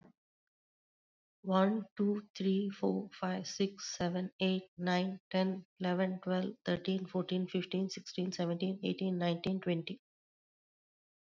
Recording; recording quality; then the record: counting at a normal pace; excellent, no background noise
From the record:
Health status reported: COVID-19 positive, moderate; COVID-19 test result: positive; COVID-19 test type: RT-PCR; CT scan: not taken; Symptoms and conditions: cough, cold, sore throat, fatigue, muscle pain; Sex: female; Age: 46 years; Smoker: no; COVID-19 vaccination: both doses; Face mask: worn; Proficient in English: yes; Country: India